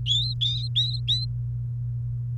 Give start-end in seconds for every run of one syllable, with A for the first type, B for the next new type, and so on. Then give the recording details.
0.06-1.25 A. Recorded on 28 April 2018 at 07:21. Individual llb3